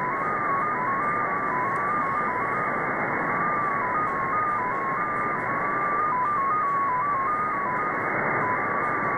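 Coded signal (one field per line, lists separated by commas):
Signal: numbers station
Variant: XPA2 digital MFSK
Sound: a steady tone hopping between several close pitches every fraction of a second, under hiss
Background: radio static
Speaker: so this is xp a2 uh on 13394 upper sideband and this comes from moscow russia it is a digital number station spy number station actually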